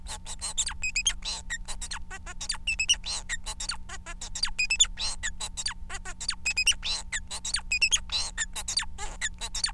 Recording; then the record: song of a male Bengalese finch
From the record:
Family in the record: son of father 4